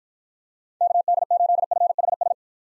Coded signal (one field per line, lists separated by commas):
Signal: Morse code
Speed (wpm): 53 wpm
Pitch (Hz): 700 Hz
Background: none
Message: KD8FHS